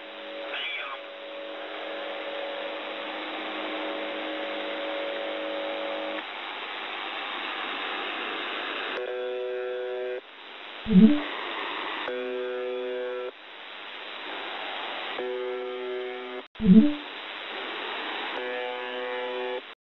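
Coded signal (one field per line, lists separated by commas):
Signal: numbers station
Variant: UVB-76 (The Buzzer)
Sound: harsh repeating buzzes over radio static with a couple of low thumps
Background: radio static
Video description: MDZhB 80191 MEDSESTRA 2155 3788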